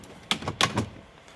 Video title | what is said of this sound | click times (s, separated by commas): Evo X Vent Gauge Install | ahead and give it a good press and you'll hear it all snapped back in place | 0.3 s, 0.6 s